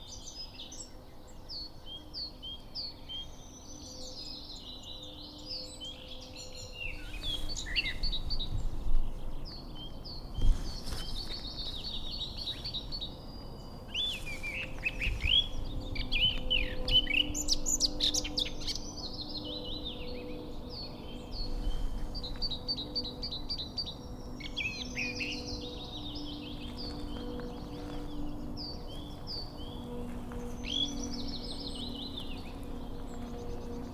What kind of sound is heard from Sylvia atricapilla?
song